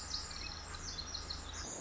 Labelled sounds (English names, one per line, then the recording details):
Pacific Wren
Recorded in Sonoma County, California